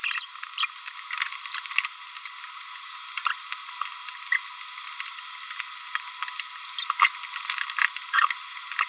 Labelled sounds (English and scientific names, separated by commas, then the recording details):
Green-rumped Parrotlet (Forpus passerinus) babbling
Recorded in a nest box in Venezuela
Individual 18B25A5